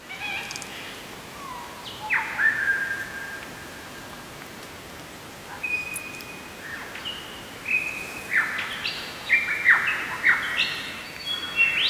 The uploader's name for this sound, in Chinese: 澳大利亚Toolangi森林的Lyrebird的叫声